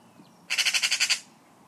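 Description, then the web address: Bird uttering a single short, grating call of about eight quick pulses, rough and buzzy, over a quiet background. Call labelled "Pi Pi Pi Pi"; from a 2025 bird-only sound dataset. "Deverinetal 2025 Bird Only More Classes Pi Pi Pi Pi"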